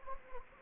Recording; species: mosquito wingbeat signal from an infrared sensor; Anopheles gambiae